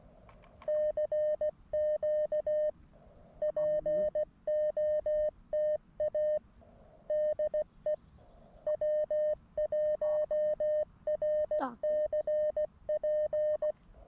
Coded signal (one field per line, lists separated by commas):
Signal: Morse code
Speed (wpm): 16 wpm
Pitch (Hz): 590 Hz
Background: none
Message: CQ POTA DE W1RCP